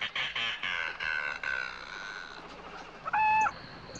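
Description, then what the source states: Indian peafowl calls: a run of harsh, rasping bursts, then a single clear, steady harmonic note near the end. Peacock clucking.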